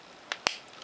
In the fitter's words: and there you can hear it closes with a lovely satisfying click